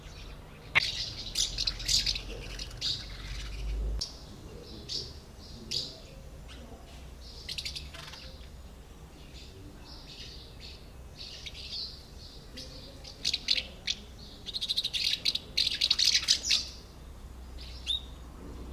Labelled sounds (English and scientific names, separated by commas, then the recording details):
Common House Martin (Delichon urbicum)
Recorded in the wild
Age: adult
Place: Illmitz, Neusiedler See, AT
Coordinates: 47.7678, 16.7803
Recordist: Brunner, Thomas
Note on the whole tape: Aufnahme: 2000 / 2001, Illmitz, in Hausnähe, Burgenland